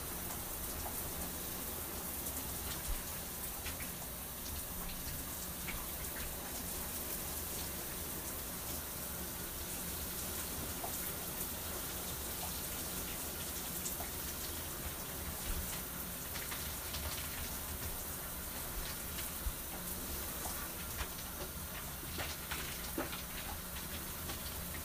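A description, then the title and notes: A shower runs steadily, a dense, even hiss of water spraying and splashing that barely changes across the whole stretch. Scattered sharper drips and splatters cut through now and then, with a faint low hum underneath. Taking a shower.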